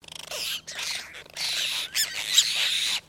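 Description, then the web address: Apostlebirds calling together in harsh, scratchy, overlapping chatter, continuous grating bursts with brief gaps. A group of birds calling. "Foundation Updates BIRD APOSTLE BIRD GROUP CALL"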